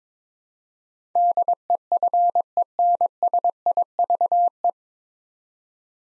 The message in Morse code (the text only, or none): DEFENSIVE